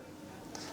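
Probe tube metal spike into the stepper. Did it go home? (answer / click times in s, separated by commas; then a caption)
yes / 0.5 s. The metal spike at the fat end of an ultrasound probe tube is laid into the stepper and snaps into a small hole, locking in place. Over a steady low background, a single short, sharp click sounds at 0.6 s. The spike is seated.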